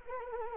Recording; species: mosquito wingbeat signal from an infrared sensor; Anopheles arabiensis